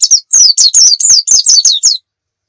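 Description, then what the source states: White-eye song, a quick series of high descending slurred notes lasting about two seconds. Pleci of the muria type, a song used as training audio for birds.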